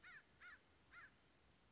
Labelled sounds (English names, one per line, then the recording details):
American Crow
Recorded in Sonoma County, California